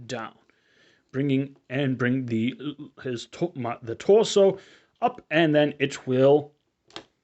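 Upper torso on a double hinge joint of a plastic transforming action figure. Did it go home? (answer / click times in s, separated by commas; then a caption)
yes / 7.0 s. Someone talks while swinging the upper torso of a plastic Transformers Kingdom Leader Class Beast Megatron transforming action figure up and then down on its double hinge joint. A short, sharp click at 7.0 s marks the torso locking into place.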